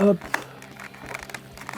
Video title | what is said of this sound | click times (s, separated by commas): Jour 2 Jouets Ep 8 : Macross , Robotech DX Chogokin VF-1J Valkyrie Armored, version Hikaru Ichijyo | Alors et voilà t claque. | 1.1 s